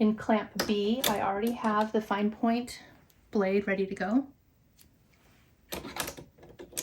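Someone talks while handling a Cricut pen at the plastic tool holder of a craft cutting machine, pushing it down into the clamp as the clamp is closed on it. After the talking stops there is a quiet pause, then short handling knocks from about 5.7 s, ending with one sharp, loud hit. The clip ends just before the pen goes home, so nothing has seated or clicked yet.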